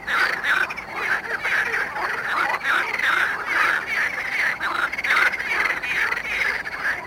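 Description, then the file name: Marsh frog chorus of rapid, grating croaks overlapping one another in a dense, continuous stream. Recorded at Mali lag, Botevgrad, Bulgaria. "Pelophylax ridibundus at Mali lag, Botevgrad, Bulgaria"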